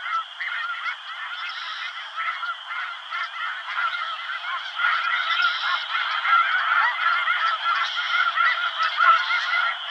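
Snow goose flock giving rapid, overlapping nasal honks, many birds calling at once, the chorus swelling louder in the second half.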